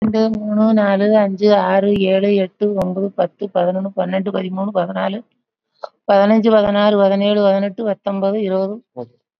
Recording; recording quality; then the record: counting at a fast pace; excellent, no background noise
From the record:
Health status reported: COVID-19 positive, moderate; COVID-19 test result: positive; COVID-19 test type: RT-PCR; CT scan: not taken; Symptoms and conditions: cough, cold, breathing difficulty, fever, fatigue, muscle pain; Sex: female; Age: 74 years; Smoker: no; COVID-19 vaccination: none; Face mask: not worn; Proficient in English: no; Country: India